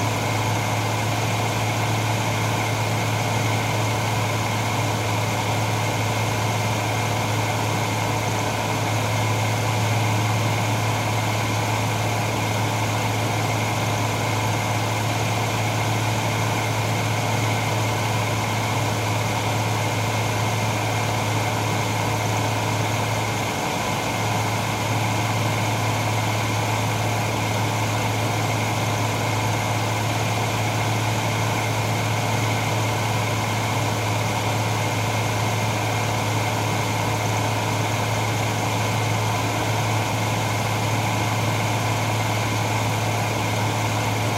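An SUV engine idles with a low, steady hum that holds the same pitch and loudness for the whole stretch. A faint rise around twenty-three seconds hints at a gentle rev, and a soft whir sits above the rumble.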